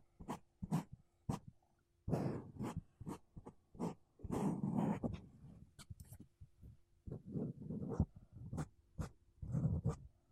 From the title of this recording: Mic Brushing Using Makeup Brushes and Sponge